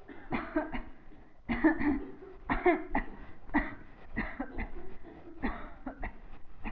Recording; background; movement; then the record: voluntary coughing; a bystander coughing; walking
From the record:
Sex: female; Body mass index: 22.6 kg/m2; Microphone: on the chest, facing the body